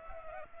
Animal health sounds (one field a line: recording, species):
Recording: mosquito wingbeat signal from an infrared sensor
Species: Culex pipiens